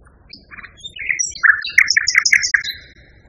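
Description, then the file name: Common nightingale song: a varied phrase of short whistles, high notes and buzzy chirps, building into loud repeated rattling notes through the middle and late part, then fading. Song variation. "kicauan-nightingale-b-variasi 3-omkicau"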